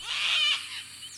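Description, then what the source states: Sulphur-crested Cockatoo gives a single raspy, drawn-out screech. Most sulphur-crested cockatoos are left-footed; they work intently with their feet when handling fruit.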